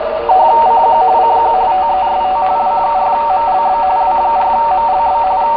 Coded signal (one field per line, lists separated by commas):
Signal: RTTY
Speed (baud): 45.45 baud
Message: CQ CQ TEST W4MLB W4MLB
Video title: Tecsun PL-660: RTTY 14.090 W4MLB PLATINUM COAST AMATEUR RADIO SOCIETY